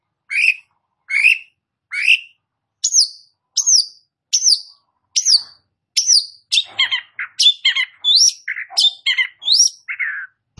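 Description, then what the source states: Long-tailed shrike song: a varied series of short whistled and buzzy notes, first spaced then quickening into a rapid chattering jumble of different phrases. Described as gacor, singing actively.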